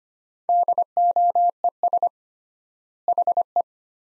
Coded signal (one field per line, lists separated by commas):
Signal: Morse code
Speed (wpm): 25 wpm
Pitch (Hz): 700 Hz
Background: none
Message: DOES HE